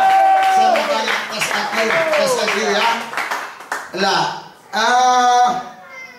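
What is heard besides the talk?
audience clapping and cheering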